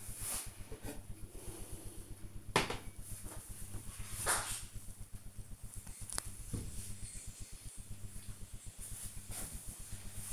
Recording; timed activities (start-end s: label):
household activities, microphone on the right wrist
0.00-10.32 s: making tea